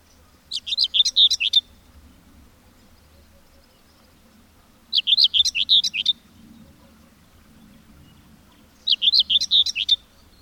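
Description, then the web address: Bird song in short bursts of high, rapid, warbling notes around one to two seconds long, repeated about every four seconds, with a faint low hum beneath. "madarak enek"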